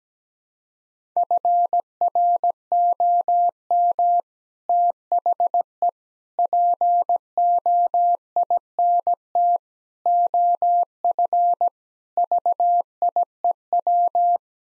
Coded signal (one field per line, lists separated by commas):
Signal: Morse code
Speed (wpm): 17 wpm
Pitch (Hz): 700 Hz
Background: none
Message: FROM THE POINT OF VIEW